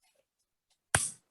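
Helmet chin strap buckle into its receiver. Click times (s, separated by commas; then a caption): 1.0 s. The plastic buckle of a bike helmet chin strap is pushed into its receiver on the second try. After near silence, one sharp broadband click sounds at 0.9 s and decays over about a quarter second. The buckle clicks shut and is seated.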